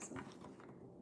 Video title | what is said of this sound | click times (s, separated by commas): Lego Live: Jessie Builds a Typewriter | That was a nice click. | 0.2 s